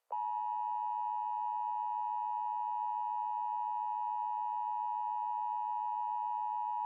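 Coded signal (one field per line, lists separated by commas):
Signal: Emergency Alert System (SAME) tones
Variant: 853 and 960 Hz attention tone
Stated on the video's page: Fictional EAS scenario about a prison break.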